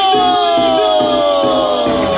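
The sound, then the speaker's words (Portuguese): A crowd at a live party show at Igarapé do Lago lets out a loud, sustained cheering shout on the call for those who are happy to shout, holding steady for about two seconds, slightly falling in pitch, over a steady thumping beat. “E quem tá feliz dá um grito.”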